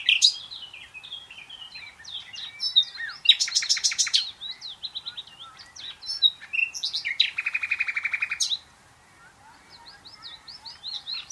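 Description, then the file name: Common nightingale song: varied whistles and chuckling notes, an intense rapid trill, then a long fast buzzy rattle, followed by softer repeated slurred notes. "Luscinia megarhynchos"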